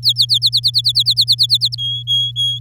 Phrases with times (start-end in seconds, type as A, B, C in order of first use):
0.03-1.75 A, 1.78-2.59 B